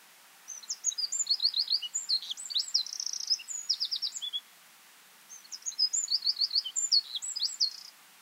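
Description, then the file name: Eurasian wren song: two fast, loud bursts of high trills and sharp warbled notes, separated by a short gap. "Troglodytes troglodytes"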